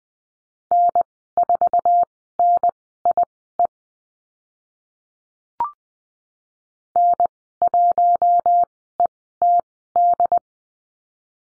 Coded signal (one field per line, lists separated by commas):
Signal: Morse code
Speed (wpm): 20 wpm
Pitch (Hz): 700 Hz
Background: none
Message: N4NIE N1ETD